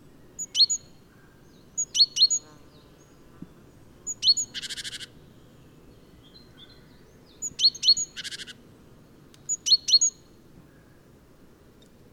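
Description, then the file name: Great tit calls: crisp high chinking notes in small clusters, twice followed by a short harsh buzzy rattle, with a low rumble underneath. "Parus major"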